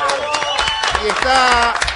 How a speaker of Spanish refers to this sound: Perfectamente, y los aplausos son muy bien merecidos. Se recuperó la nieta 117, es una mujer, tiene 37 años,